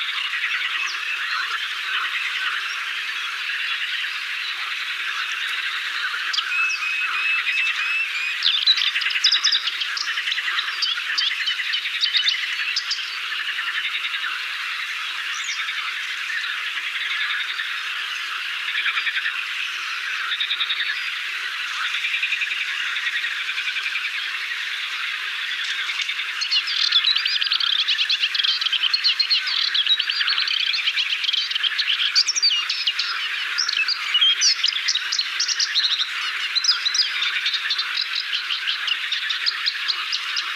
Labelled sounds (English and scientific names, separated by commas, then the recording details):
Moustached Warbler (Acrocephalus melanopogon) song
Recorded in the wild
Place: Damtschik/Wolgadelta, RU
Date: 1995-05-13
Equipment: Dat-Recorder Casio DA 7, Telinga DAT, Telinga-Parabolspiegel
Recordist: Schwarz, Dieter